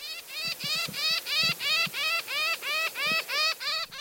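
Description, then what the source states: Northern Shrike: a steady run of harsh, nasal notes rich in overtones, each slightly rising, repeated about three times a second. Described as a songbird, though not a very melodious one.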